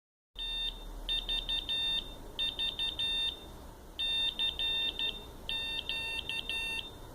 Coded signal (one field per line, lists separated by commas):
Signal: Morse code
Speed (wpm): 12 wpm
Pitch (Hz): 2700 Hz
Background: none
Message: TVV CQ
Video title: MORSE CODE(CW-A1A)WITH ARDUINO FOR BEACON,FOX HUNT,ETC .(LINK THE PROJECT BELOW)